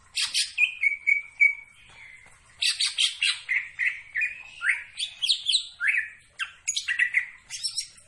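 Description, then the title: Greater green leafbird song mixing harsh, buzzy notes with clear sliding whistles in a nearly unbroken, energetic stream. Singing actively; described as "gacor". "Cucak Ijo Gacor"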